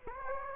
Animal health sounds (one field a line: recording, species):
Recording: mosquito wingbeat signal from an infrared sensor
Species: Anopheles gambiae